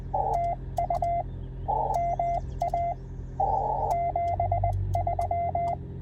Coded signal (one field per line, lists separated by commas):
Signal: Morse code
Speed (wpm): 19 wpm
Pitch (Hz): 690 Hz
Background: radio noise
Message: TU MA 73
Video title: 2024 Hamvention Road Trip Day 3